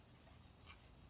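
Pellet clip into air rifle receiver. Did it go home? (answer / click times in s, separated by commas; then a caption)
no / none. A plastic pellet clip is handled at the receiver of a Crosman Vapor Max pump air rifle as it is being pushed in. A steady high-pitched tone and low background rumble run throughout, with a faint brief sound near 0.7 seconds. Nothing has seated or clicked yet.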